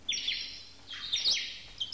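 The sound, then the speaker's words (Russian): A sparrow chirps in quick, bright, high-pitched bursts, several short notes clustered in two or three groups with brief pauses between, heard alone with no voices. “Интересно, что воробей ему посоветует.”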